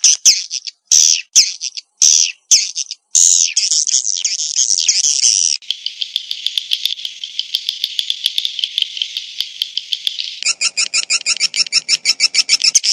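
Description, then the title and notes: Swiftlet calls: a few loud high chirps, then a steady buzzy trill, then a fast train of sharp clicks. Swiftlet farming lure sound, Asia. "Swiflet Bird Sound. Farming Swiflet Bird asia sound"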